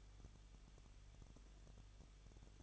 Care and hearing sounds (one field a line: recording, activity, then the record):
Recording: daily activity, microphone in the room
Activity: no activity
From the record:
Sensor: 4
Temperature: 23.0 degrees Celsius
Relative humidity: 34.1%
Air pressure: 1007.3 hPa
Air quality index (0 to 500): 213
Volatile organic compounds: 14 ppm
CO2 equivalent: 2456 ppm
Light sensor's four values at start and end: 2/3/1/1 and 2/3/1/1